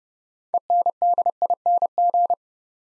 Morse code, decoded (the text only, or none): ENDING